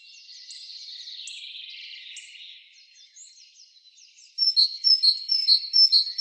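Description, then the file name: Great tit song: a run of bright two-note phrases repeated briskly, about two per second, after a stretch of softer twittering and thin descending notes. "Parus major"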